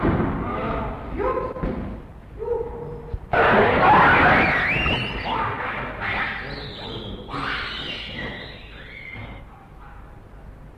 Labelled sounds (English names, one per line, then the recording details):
Hamadryas Baboon
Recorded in captivity
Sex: diverse
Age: diverse
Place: Zoo Berlin, Berlin, DE
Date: 1961-01-14 15:30
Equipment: Minifon, Kopie Smaragd
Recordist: Tembrock, Günter